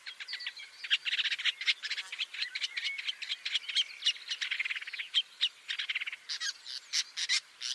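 Woodchat shrike chattering continuously, a busy, scratchy jumble of squeaky and harsh notes running without pause.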